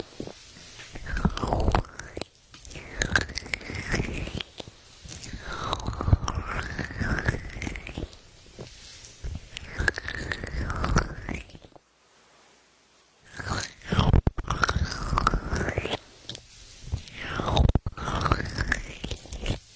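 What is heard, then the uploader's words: A goose feather is worked into the ears, very close up, in repeated soft swishing, crackling strokes whose tone sweeps up and down as it brushes. The strokes come in dense bursts every second or so, with a brief near-silent pause around twelve seconds. Goose feather plugs in the ears.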